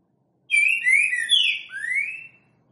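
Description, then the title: Green-winged saltator song: a loud, rich whistled phrase of several slurred notes, dipping then ending in a clear rising whistle, lasting about two seconds. Loud singing used to warm up or stimulate other birds of the species; described as voice type 10 and boiadeiro song style. "Canto De Trinca Ferro Voz 10. TRINCA FERRO BOIADEIRO CANTANDO FORTE. ESQUENTAR TRINCA FERRO"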